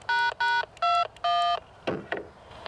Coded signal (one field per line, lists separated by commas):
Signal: DTMF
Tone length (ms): 240 ms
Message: ##21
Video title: Best Roll Up J-Pole, Slim Jim VHF/UHF Antenna? Ed Fong Vs. RadioWavz Tested